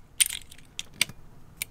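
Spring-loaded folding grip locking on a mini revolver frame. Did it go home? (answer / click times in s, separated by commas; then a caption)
no / none. The spring-loaded folding grip on a mini revolver frame is handled after the rod is put back in, giving several sharp, bright metallic clicks and ticks at about 0.2, 0.3, 0.8, 1.0, 1.6 and 1.8 seconds over a quiet background. The grip has not locked into place yet; nothing has seated or clicked home.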